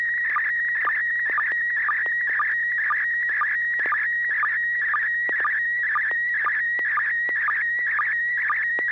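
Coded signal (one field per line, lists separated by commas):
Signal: SSTV (slow-scan television)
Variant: PD120 mode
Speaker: are you ready to send a picture let me check for tone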